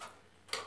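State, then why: Seated. In the dark, the hinged back door (lid) of a wet plate holder is closed over the plate. After a faint rustle at the start, a single sharp tick sounds at 0.5 s as the door shuts and seats.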